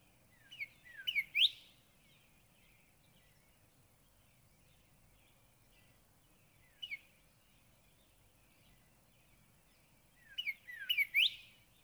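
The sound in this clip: Northern cardinal song: three whistled phrases of falling slurs and rising sweeps, the middle one short, spaced by long quiet gaps with steady background hiss.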